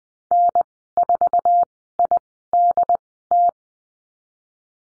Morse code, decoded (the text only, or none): N4IDT